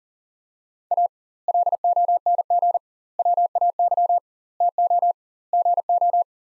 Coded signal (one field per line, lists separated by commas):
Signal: Morse code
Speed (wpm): 40 wpm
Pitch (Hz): 700 Hz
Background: none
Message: A LONG WAY TO GO